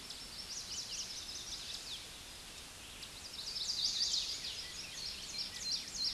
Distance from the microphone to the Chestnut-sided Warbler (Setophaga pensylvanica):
about 25 m